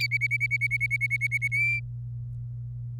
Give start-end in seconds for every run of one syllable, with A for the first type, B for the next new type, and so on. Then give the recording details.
0.00-1.48 A, 1.52-1.80 B. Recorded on 27 April 2018 at 07:39. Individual llb3